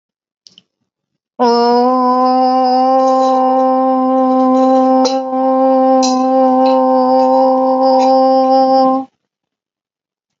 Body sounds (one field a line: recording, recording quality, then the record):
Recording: sustained vowel as in boot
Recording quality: excellent, no background noise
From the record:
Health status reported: healthy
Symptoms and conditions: none ticked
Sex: female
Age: 27 years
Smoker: not ticked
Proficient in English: yes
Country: India